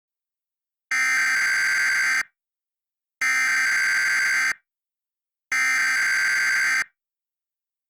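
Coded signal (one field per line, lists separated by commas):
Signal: Emergency Alert System (SAME) tones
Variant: header bursts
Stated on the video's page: Valid EAS tones in a fictional scenario about a fire in Asheville.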